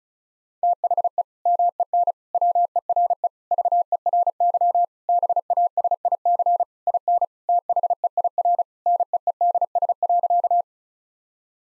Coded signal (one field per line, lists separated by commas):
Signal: Morse code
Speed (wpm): 36 wpm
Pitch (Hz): 700 Hz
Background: none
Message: THE MEN WERE VERY BASIC IN THEIR NEEDS.